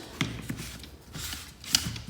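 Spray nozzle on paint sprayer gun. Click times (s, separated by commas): 1.8 s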